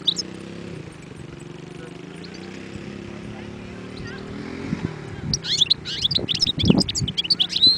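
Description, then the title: European goldfinch song, quick high twittering chirps beginning after five seconds of low droning hum that continues underneath. Wild bird. "اجمل غناءالحسون الخلويchant chardonneret sauvage collection"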